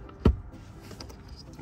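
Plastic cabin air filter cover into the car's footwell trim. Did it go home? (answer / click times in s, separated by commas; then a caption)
yes / 0.3 s, 1.0 s. After a new cabin air filter is slid all the way into a Tesla Model 3/Y, the plastic filter cover or trim panel in the passenger footwell is pushed back on. A sharp plastic snap at 0.3 s and a lighter click at 1.0 s are heard over a quiet background. The cover snaps into place and is seated.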